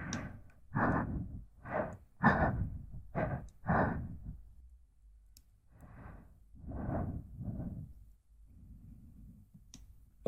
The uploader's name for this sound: mouth sounds